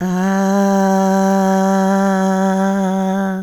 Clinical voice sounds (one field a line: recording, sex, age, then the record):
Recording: sustained vowel /a/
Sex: female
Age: 60 to 69 years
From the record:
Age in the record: 67 years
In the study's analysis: excluded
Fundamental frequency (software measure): 194 Hz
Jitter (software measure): 0.41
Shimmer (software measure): 0.75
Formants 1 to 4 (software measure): 779 Hz, 1604 Hz, 3026 Hz, 3980 Hz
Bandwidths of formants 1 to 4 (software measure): 203 Hz, 271 Hz, 194 Hz, 170 Hz